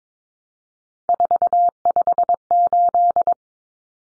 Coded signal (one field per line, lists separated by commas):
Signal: Morse code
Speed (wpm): 22 wpm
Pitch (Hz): 700 Hz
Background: none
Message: 458